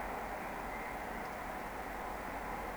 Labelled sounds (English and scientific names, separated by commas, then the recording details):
Eurasian Woodcock (Scolopax rusticola) whistle
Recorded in Baden-Württemberg, Germany, on 17 June 2020 at 19:34 UTC
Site 14569, 102 m above sea level